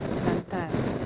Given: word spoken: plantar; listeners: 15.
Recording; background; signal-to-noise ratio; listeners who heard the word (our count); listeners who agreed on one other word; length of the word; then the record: one Spanish word in noise, from a listening test; noise modulated by three-talker babble; -4.3 dB; 2 of 15; 7 of 15; 0.66 s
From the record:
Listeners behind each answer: 7, 2, 2, 1, 1, 1, 1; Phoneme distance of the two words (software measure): 17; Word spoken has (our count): 2 syllables, 7 phonemes, stress on syllable 2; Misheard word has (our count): 2 syllables, 6 phonemes, stress on syllable 2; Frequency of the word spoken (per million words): 3.67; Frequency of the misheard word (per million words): 24.15